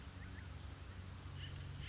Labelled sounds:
Acorn Woodpecker
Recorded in Sonoma County, California

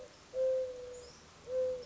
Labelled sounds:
Mourning Dove
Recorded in Sonoma County, California

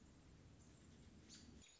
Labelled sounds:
American Robin
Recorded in Sonoma County, California

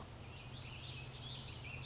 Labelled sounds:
Warbling Vireo
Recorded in Sonoma County, California

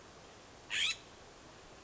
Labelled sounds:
California Scrub-Jay
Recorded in Sonoma County, California

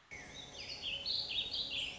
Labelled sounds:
Warbling Vireo
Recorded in Sonoma County, California

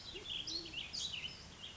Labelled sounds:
Band-tailed Pigeon
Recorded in Sonoma County, California

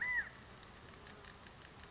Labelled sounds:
California Quail
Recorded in Sonoma County, California

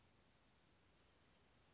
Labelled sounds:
Anna's Hummingbird
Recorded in Sonoma County, California

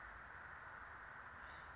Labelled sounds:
California Towhee
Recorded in Sonoma County, California

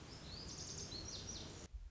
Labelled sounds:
Lazuli Bunting
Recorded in Sonoma County, California

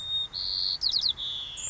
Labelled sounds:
White-crowned Sparrow
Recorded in Sonoma County, California

